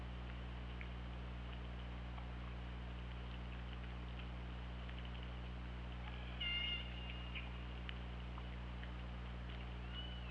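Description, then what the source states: Killer whale call: a short, harsh, harmonic-rich burst midway, then a faint rising tone near the end, all over a steady low drone and hiss. Underwater hydrophone recording made by OrcaLab on 24 August 2017 at 21:08.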